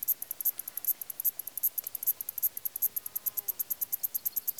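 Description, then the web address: Cricket chirping in regular high-pitched pulses, several per second, over quiet background hiss. Countryside, Greece. "BBC Sound Effects Library- (Greece) Countrysde crikets"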